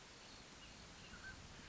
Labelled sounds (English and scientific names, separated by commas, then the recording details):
Mountain Quail (Oreortyx pictus)
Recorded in Sonoma County, California